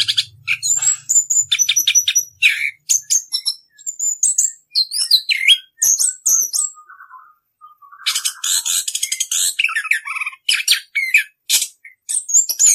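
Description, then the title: Orange-headed thrush song, a long run of varied high chirps, trills and whistled slurs, pausing briefly near the eighth second before a dense burst of rapid notes resumes. Continuous rolling song (ngerol). "Anis Kembang suara anis kembang ngerol"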